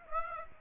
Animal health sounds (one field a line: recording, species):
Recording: mosquito wingbeat signal from an infrared sensor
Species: Aedes aegypti